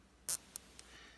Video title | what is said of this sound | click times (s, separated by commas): XYO sentinel kids school backpack placement idea (3) | you loop that through itself into that little head you pull it till it clicks and that | 0.3 s, 0.6 s, 0.8 s